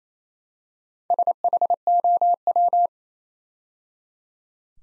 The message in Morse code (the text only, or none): SHOW